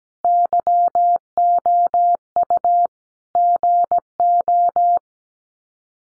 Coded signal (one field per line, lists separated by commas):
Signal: Morse code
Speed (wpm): 17 wpm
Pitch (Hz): 700 Hz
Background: none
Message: YOU GO